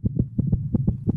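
Fast, regular lub-dub heartbeats: tachycardia, a heart rate above 100 per minute.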